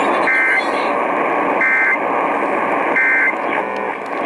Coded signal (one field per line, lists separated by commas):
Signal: Emergency Alert System (SAME) tones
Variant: end-of-message bursts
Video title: WHAS COVERS THE TORs... EAS Alerts from 3/18/22 (EAS #6,585 - 6,589)